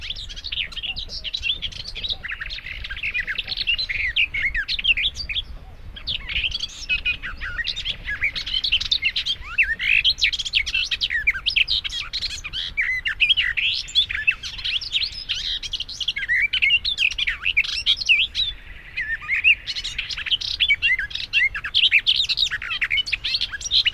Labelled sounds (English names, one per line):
Garden Warbler song